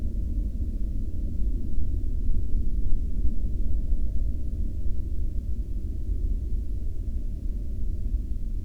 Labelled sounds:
aircraft
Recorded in the Prudhoe Bay oil fields, Alaska, on 10 July 2019 at 09:57
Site 14

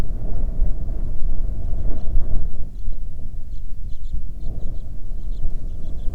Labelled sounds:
bird, wind
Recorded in the Prudhoe Bay oil fields, Alaska, on 9 June 2019 at 17:29
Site 21

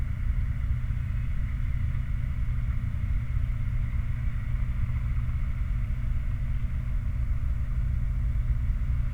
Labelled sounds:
machinery, flare stack
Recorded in the Prudhoe Bay oil fields, Alaska, on 29 July 2019 at 08:33
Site 29

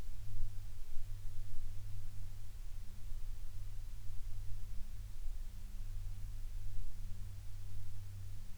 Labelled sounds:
aircraft
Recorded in the Prudhoe Bay oil fields, Alaska, on 12 August 2019 at 15:35
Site 11

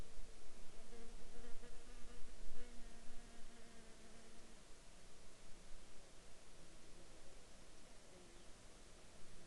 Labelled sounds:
insects
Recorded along the Dempster Highway, Canada, on 17 July 2019 at 12:12
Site 22

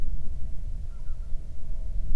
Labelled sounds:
waterfowl, wind
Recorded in the Prudhoe Bay oil fields, Alaska, on 31 July 2019 at 07:35
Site 24

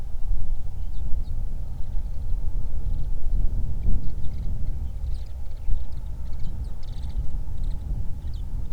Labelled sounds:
songbird, wind
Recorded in the Prudhoe Bay oil fields, Alaska, on 31 July 2019 at 08:08
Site 24

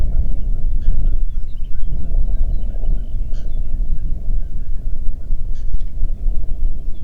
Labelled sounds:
bird, wind
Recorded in the Prudhoe Bay oil fields, Alaska, on 8 June 2019 at 05:27
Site 30

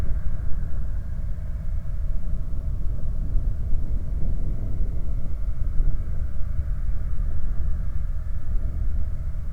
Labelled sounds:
machinery, flare stack
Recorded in the Prudhoe Bay oil fields, Alaska, on 28 July 2019 at 01:55
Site 25

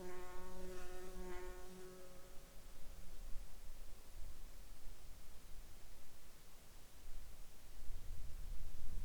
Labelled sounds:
insects
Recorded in the Arctic National Wildlife Refuge, Alaska, on 10 July 2021 at 20:35
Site 41

